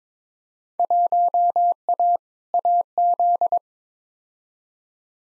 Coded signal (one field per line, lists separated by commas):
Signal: Morse code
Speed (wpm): 22 wpm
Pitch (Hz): 700 Hz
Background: none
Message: 1A AZ